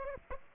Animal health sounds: mosquito wingbeat signal from an infrared sensor; Aedes aegypti

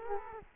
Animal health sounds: mosquito wingbeat signal from an infrared sensor; Culex quinquefasciatus

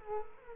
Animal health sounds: mosquito wingbeat signal from an infrared sensor; Culex quinquefasciatus

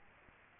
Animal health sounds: mosquito wingbeat signal from an infrared sensor; Aedes aegypti

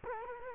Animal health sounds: mosquito wingbeat signal from an infrared sensor; Culex quinquefasciatus

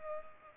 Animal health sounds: mosquito wingbeat signal from an infrared sensor; Culex pipiens

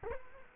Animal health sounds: mosquito wingbeat signal from an infrared sensor; Culex quinquefasciatus

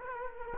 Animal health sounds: mosquito wingbeat signal from an infrared sensor; Culex quinquefasciatus

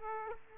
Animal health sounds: mosquito wingbeat signal from an infrared sensor; Aedes aegypti

